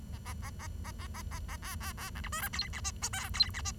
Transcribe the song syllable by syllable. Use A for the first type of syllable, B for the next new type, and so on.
A A A A A A A A A B B B C D E F G H I J K G H I